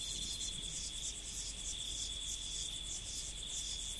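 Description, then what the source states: Insects chirping in a dense, high, pulsing chorus with rhythmic bursts over a steady high whine, continuing throughout. Insects recorded in the prairie.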